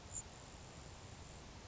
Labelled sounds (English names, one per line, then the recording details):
Grasshopper Sparrow
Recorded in Sonoma County, California